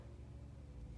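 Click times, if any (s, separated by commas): none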